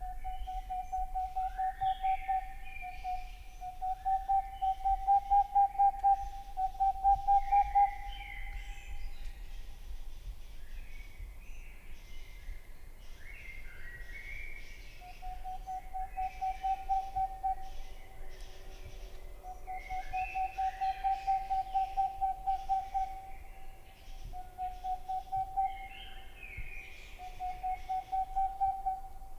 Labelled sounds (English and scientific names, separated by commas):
Boreal Owl (Aegolius funereus)